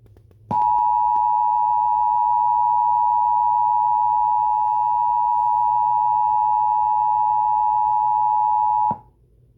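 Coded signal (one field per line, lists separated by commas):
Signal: Emergency Alert System (SAME) tones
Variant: 853 and 960 Hz attention tone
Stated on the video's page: Mock Required Monthly Test.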